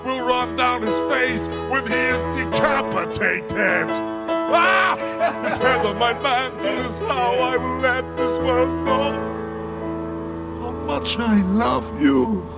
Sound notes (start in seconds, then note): 3.9 singing; 5.0 soundbite of laughter